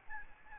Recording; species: mosquito wingbeat signal from an infrared sensor; Aedes albopictus